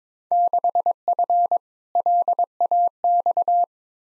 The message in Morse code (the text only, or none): 6F LAX